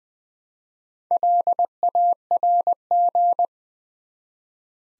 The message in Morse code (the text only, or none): LARG